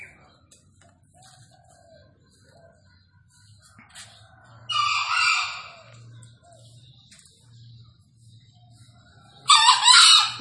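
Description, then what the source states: Green junglefowl giving two hoarse, broken crows several seconds apart, with soft clicks and a faint low hum in between. Wild green junglefowl released to roam free, calling loudly and persistently from up in a tree; recording presented as a lure call for junglefowl.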